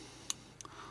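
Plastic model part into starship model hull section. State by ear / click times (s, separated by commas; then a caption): seated / 0.3 s. A plastic part of a Star Trek Enterprise D starship model kit is pushed back onto a hull section after a poor fit. It gives a sharp click at 0.3 s and seats back into place. Two fainter ticks follow at about 0.6 s over a quiet background.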